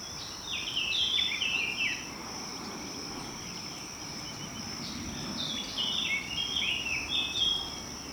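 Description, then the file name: Eurasian blackcap song: two short warbled phrases separated by a pause, over a low rumble and a steady high-pitched drone. "Sylvia atricapilla"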